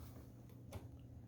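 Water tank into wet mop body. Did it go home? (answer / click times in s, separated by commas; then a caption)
no / none. A plastic water tank is being handled as it is fitted back into the body of a Maircle F1 wet mop, with a faint soft tick and low steady background hum. Nothing has seated or clicked into place yet.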